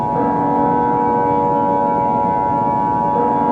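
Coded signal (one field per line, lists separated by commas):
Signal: Emergency Alert System (SAME) tones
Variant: 853 and 960 Hz attention tone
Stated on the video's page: Fictional EAS scenario; simulated.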